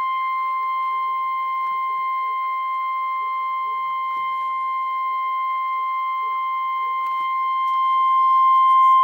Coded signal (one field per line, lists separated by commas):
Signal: Emergency Alert System (SAME) tones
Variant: 1050 Hz attention tone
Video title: REAL EAS 343-Tornado watch